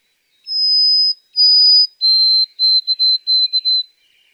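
White-throated sparrow whistling its song: a pair of drawn-out high notes, a step down to a shorter tone, then two quick triplet-like groups of repeated notes.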